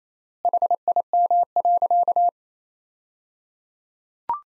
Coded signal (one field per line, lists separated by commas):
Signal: Morse code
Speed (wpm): 27 wpm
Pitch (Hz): 700 Hz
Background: none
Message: HIM.